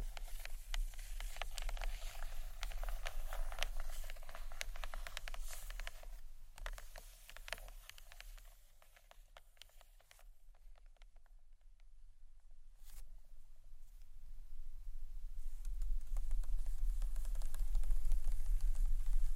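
Dense scratchy tapping on books, crackly and bright, thins out and quiets around ten to thirteen seconds, then builds back up with a low rumble.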